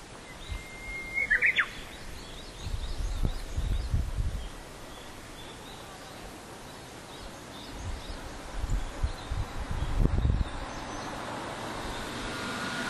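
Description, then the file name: Japanese bush warbler song: one long steady whistle followed by a quick falling flourish near the start, then low rumbling background noise and a few faint chirps. "uguisu"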